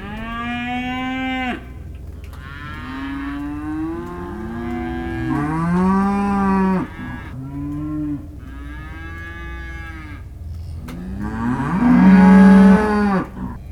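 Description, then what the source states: Cow: cattle lowing in a series of separate moos, some rising and falling, ending with a loud, sustained bellow. Cows and calves, several animals, described as disconsolate; recorded in December, on the 19th.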